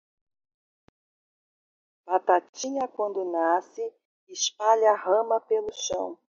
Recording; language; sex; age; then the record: short text; Brazilian Portuguese; female; 40 to 49 years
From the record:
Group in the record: control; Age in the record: 49 years